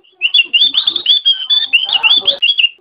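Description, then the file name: Javan grey-throated white-eye giving a fast, continuous chattering warble of high bright notes. "opiorjawa"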